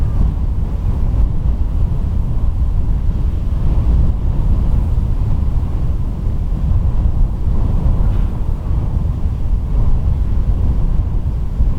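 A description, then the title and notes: Strong wind roars steadily around a lighthouse, a dense low rumble with faint hissing of blown sand and slight gusty swells throughout. Wind noise around Danish lighthouse. You can hear the noise of wind and flying sand around the lighthouse at Rubjerg Knude, in Lønstrup, North Jutland, Denmark.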